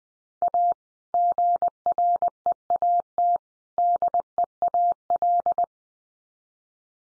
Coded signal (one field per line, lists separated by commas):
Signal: Morse code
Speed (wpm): 20 wpm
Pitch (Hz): 700 Hz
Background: none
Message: A GREAT DEAL